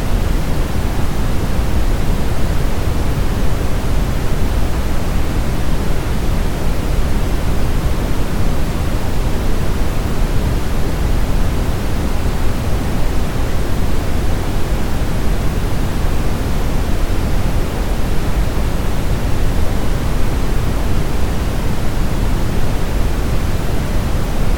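Brown noise plays as a steady, unbroken hiss weighted toward a deep low rumble, with the highs softened and dull. The sound is dense and constant with no events or changes, holding the same level from start to finish.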